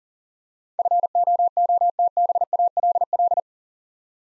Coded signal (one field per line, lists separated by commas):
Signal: Morse code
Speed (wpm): 39 wpm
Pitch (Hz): 700 Hz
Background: none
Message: FOOTBALL